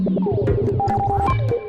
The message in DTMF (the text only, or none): none